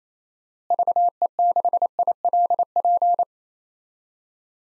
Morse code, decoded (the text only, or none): VE6ILP